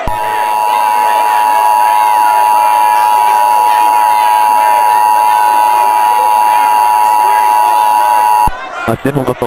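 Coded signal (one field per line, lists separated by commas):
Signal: Emergency Alert System (SAME) tones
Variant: 853 and 960 Hz attention tone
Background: speech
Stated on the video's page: Fictional EAS scenario.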